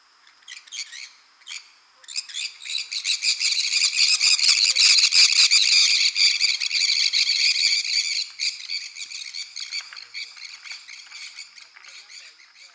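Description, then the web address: Maroon-tailed parakeets in a loud, continuous burst of grating chatter that swells, holds for several seconds, then fades into scattered notes. Ecuador. "Birds of Ecuador. Maroon-tailed Parakeet"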